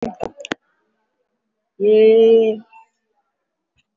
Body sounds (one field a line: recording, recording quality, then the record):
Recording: sustained vowel as in made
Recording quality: excellent, no background noise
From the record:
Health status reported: COVID-19 positive, moderate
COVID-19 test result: positive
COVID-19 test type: RT-PCR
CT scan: taken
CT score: 3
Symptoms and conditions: cough, cold, breathing difficulty, sore throat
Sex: female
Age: 75 years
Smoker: no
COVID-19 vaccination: none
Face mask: worn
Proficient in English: no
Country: India